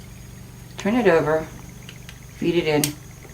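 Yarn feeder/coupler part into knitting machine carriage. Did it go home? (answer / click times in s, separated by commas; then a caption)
no / none. Someone talks twice while feeding a yarn feeder/coupler part into the carriage of a Toyota 950 knitting machine with a 506 ribber and 65-7 transfer carriage, as yarn is threaded and the coupler is fitted. Two faint, brief handling ticks come at about 1.9 and 2.1 seconds over a quiet background. Nothing has seated or clicked into place yet.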